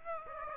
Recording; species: mosquito wingbeat signal from an infrared sensor; Aedes aegypti